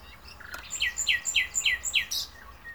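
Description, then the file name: Common nightingale phrase of five loud, clipped, downslurred notes in an even rapid series, ending with a brief high note and a soft chirp. "Luscinia megarhynchos"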